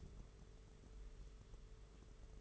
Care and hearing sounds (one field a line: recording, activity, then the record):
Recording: daily activity, microphone in the room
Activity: take from stove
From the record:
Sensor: 4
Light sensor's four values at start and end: 22/75/27/29 and 21/75/27/29